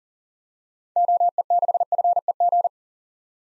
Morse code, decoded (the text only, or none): OE6FEG